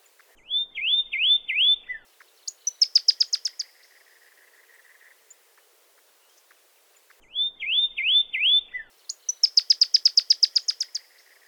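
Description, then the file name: Pyrrhuloxia with two matching phrases, each three quick slurred whistles followed by a rapid trill of sharp high notes. "suara call song burung pyrrhuloxia omkicau"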